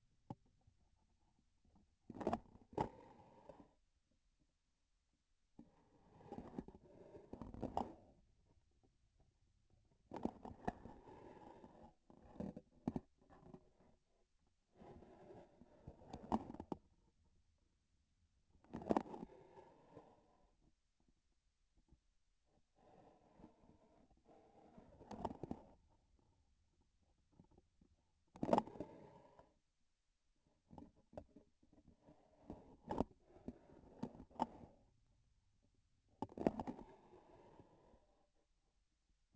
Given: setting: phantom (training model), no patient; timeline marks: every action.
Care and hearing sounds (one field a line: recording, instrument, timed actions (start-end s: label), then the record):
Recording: laparoscopic instrument, vibration sensor on the handle end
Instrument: grasping forceps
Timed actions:
2.00-2.74 s: releasing tissue
7.21-8.23 s: grasping tissue
9.98-11.05 s: releasing tissue
15.70-16.93 s: grasping tissue
18.46-19.42 s: releasing tissue
24.94-25.82 s: grasping tissue
28.25-29.64 s: releasing tissue
34.28-34.97 s: grasping tissue
36.10-37.04 s: releasing tissue
From the record:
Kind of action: gesture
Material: synthetic tissue